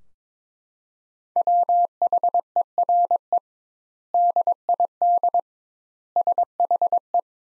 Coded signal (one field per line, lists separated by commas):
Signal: Morse code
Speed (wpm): 22 wpm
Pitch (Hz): 700 Hz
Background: none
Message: WHERE DID SHE